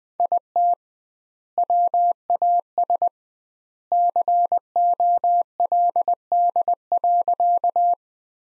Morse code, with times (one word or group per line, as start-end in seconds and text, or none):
0.2-0.7 IT
1.6-3.1 WAS
3.9-7.9 COLD.